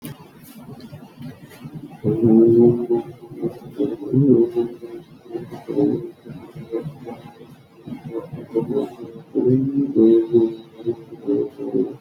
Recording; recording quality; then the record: sustained vowel as in boot; moderate, slight background noise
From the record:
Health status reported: healthy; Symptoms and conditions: none ticked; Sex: male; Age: 50 years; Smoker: not ticked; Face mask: not worn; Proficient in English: yes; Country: India